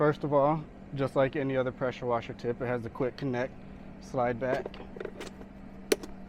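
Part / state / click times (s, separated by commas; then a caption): surface cleaner attachment into pressure washer wand quick-connect coupling / seated / 5.9 s. Someone talks while a Ryobi 12-inch surface cleaner attachment is pushed into the pressure washer wand's quick-connect coupling with the collar slid back. After a couple of faint taps near 5.0 s, a sharp snap at 5.9 s marks the attachment seating in place.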